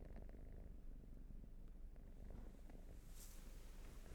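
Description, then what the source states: Cat purring as a steady low rumble with rapid fluttering texture, no clear breath gaps, and a brief soft hiss near the end. Purring; raw field recording.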